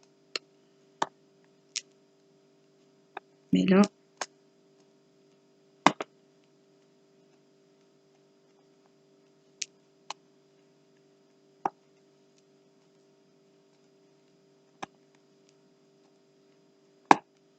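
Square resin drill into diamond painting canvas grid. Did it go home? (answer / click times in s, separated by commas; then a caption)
yes / 5.9 s, 9.6 s, 11.7 s, 17.1 s. Square resin drills are pressed one by one into the adhesive grid of a diamond painting canvas, each giving a short, sharp click. Clicks land at 5.9, 9.6, 11.7 and 17.1 seconds, showing the drills seating and fitting together, with a steady low hum underneath and someone talking briefly near the start.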